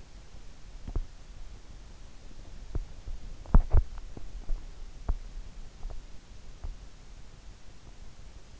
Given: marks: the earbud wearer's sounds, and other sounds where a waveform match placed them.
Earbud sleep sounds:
sounds in sleep by an in-ear microphone; body movement
0.65-7.50 s: body movement

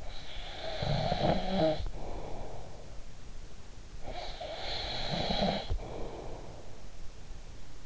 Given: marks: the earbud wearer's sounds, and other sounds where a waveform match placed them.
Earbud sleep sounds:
sounds in sleep by an in-ear microphone; snoring breath
0.00-2.96 s: snoring breath
3.90-6.82 s: snoring breath

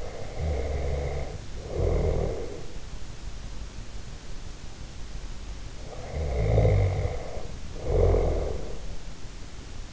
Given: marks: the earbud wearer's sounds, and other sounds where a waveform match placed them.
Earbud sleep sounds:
sounds in sleep by an in-ear microphone; snoring breath
0.00-2.66 s: snoring breath
5.78-8.96 s: snoring breath

